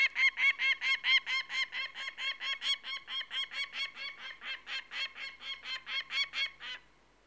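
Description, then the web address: Peregrine falcon's harsh, scolding cackle of many evenly spaced notes that ends abruptly, leaving quiet. "BBC Sound Effects Library. Peregrine Falcon"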